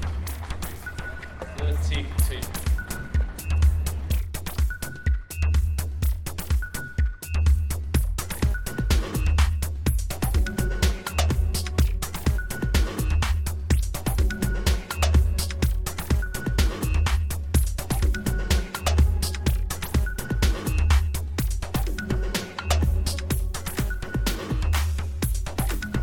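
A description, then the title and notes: Sounds at the US Open tennis tournament in New York: a dense, unbroken clatter of short sharp clicks and taps over a regularly repeating low thump. Brief high beeping tones recur every second or so, with faint voices mixed underneath. This is my annual exploration of sounds from the US Open Tennis tournament, held in New York at the end of each Summer. Spectral gate, delay, and reverb from Logic Pro were used to process some of the sounds, and synth ambience was created within Alchemy.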